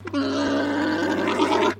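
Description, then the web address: Alpaca mating call, a continuous harsh gargling groan held for nearly two seconds with a steady low hum underneath. Male alpaca mating call. "Sound Effects-Foundation 1 ANIMAL ALPACA MALE MATING CALL"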